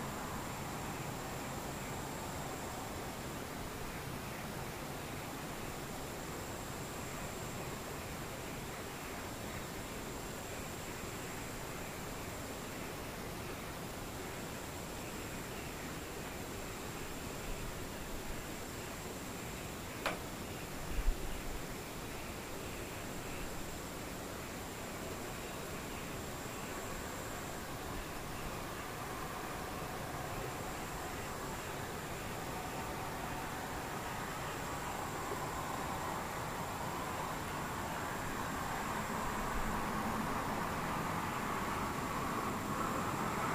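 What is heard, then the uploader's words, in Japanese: Near silence, with a faint, steady high-pitched insect drone running through the whole recording from far off. A soft, even hiss underlies it, unchanged throughout, and a single brief click or knock breaks in around the twenty-second mark. 無音遠くにムシ。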